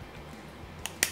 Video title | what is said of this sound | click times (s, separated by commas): รีวิว SteelSeries Sensei Wireless Gaming Mouse | จะได้ยินเสียงทางกริ๊กคือจะ | 1.0 s